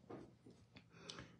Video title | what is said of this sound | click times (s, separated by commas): Festive & Fun Easy Card and Christmas Treat using Merry Bold & Bright DSP | really tight they have to be you have to hear them snap otherwise they will dry out they're filled with alcohol | 1.1 s